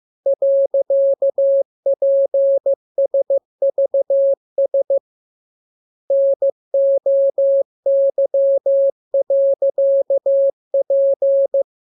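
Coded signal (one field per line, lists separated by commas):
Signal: Morse code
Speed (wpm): 15 wpm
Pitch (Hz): 550 Hz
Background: none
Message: .PSVS NOY.P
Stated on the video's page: Morse lesson 26 on letters, numbers and punctuation, with each radiogram opened by VVV and a section sign and closed by AR.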